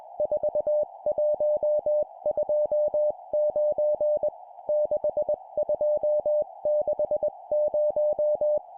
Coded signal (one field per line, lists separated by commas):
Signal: Morse code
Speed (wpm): 21 wpm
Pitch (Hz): 600 Hz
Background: music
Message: 4129 6260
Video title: 20wpm Four letter words number,number,number,number, CW morse code